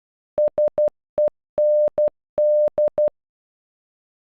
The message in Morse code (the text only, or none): SEND